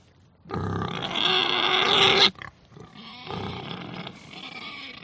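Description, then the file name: Pig squealing: one long, loud, harsh squeal lasting nearly two seconds, followed by quieter, broken squeals and grunts. "audio hero Pig"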